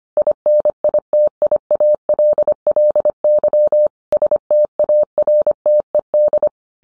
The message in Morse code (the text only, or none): INITIALLY STARTED